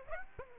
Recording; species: mosquito wingbeat signal from an infrared sensor; Aedes aegypti